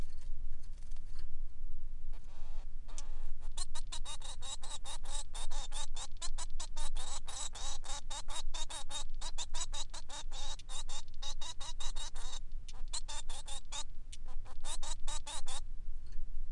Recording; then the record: song of a male Bengalese finch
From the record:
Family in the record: son of father 3